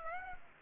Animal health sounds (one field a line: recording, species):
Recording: mosquito wingbeat signal from an infrared sensor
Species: Aedes aegypti